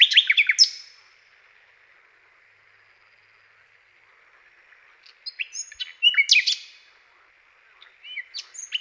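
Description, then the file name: Common nightingale song with a short rapid trill, a long quiet gap, then a complex burst of sharp, varied chirping notes. "SLOWIKRDZAWY"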